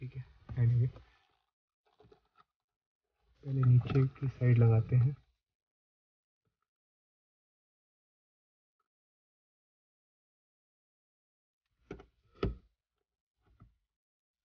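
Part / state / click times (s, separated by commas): dome light cover into car roof lining / not seated / none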